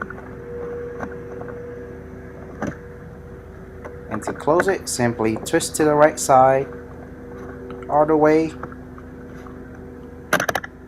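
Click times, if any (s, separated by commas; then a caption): 10.3 s, 10.4 s, 10.5 s, 10.6 s. A fuel filler cap on a 2014 Land Rover LR2's fuel filler neck is twisted to the right all the way to close it while someone talks over a steady low hum. A loud sharp snap at 10.3 s is followed by quick ratchet-like clicks at 10.4, 10.5, 10.6 and 10.6 s as the cap seats shut.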